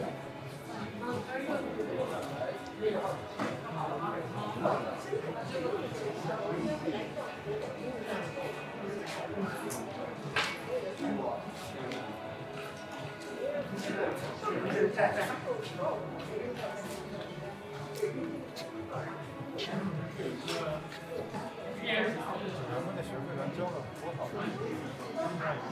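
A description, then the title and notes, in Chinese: An Apple store at eight in the evening, with a steady crowd of overlapping voices, scattered clicks and knocks, and no lulls throughout. 晚上八点的Apple店｜城市声音。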